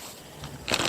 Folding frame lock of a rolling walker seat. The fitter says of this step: And push down on the cushions until it snaps into place. It's snapped in,